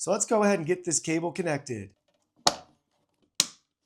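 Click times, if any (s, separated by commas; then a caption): 2.5 s, 3.4 s. Someone talks for about two seconds, then a cable connector is pushed into the back of a yard robot module. Two sharp clicks follow at 2.5 s and 3.4 s, and the connector is snapped in and locked.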